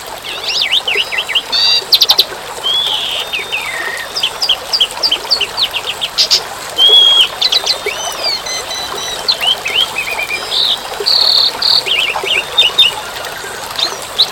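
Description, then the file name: Asian pied starling with a rambling song of sharp chirps, whistles and brief buzzy bursts, plus a couple of loud clicks, over an even hiss of rain. Birdsong amid rain. "suara burung jalak suren dan tengah hujan"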